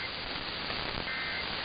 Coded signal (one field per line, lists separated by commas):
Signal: Emergency Alert System (SAME) tones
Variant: end-of-message bursts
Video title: THE ACTION CONTINUES | EAS Alerts from 6/22/2022 (EAS #1346-1352)